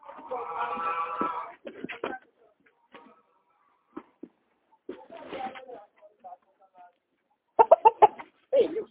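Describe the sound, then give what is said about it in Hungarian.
A rooster lets out a loud, harmonic crow lasting about a second, followed by scattered short clucks and sharp bursts of agitated clucking toward the end. “Hú, kakas, sajnálom.”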